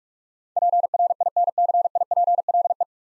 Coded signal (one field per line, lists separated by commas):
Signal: Morse code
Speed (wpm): 44 wpm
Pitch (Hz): 700 Hz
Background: none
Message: PRINCIPLE